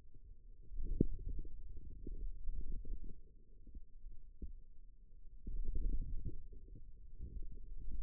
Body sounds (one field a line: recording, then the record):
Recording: forearm muscle sounds (acoustic myography)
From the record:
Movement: wrist extension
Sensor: system 2, bracelet of six BSWA MPA416 microphones around the upper forearm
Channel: 4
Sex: male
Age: 22 years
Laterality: right